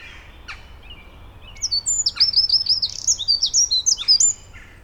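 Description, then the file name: Eurasian wren song: a few faint high chips, then a fast, shrill, rattling trill of high notes for nearly three seconds before stopping abruptly. "Troglodytes troglodytes"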